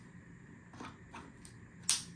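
A bino bridge dovetail is pushed into a helmet NVG mount to demonstrate a proper fit; mounts whose web is too thick keep it from snapping in. Faint scraping and light ticks lead up to a sharp snap at 1.9 s as the bridge seats in the mount.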